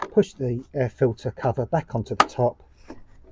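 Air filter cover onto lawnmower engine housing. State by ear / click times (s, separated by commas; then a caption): seated / 2.9 s. Someone talks while a plastic air filter cover is pushed back onto the top of a lawnmower engine housing. After the talking stops, a short, faint click at 2.9 s marks the cover seating in place.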